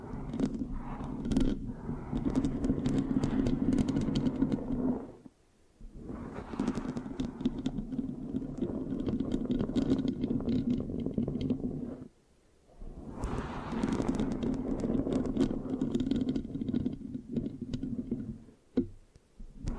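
Continuous rough scratching on a microphone with a low rumbling texture, broken by brief pauses near five, twelve and nineteen seconds.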